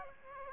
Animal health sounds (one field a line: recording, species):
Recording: mosquito wingbeat signal from an infrared sensor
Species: Aedes aegypti